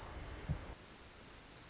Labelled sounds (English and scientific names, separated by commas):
Pacific Wren (Troglodytes pacificus)